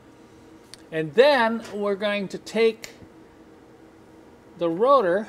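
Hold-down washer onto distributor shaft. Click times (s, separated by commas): 0.7 s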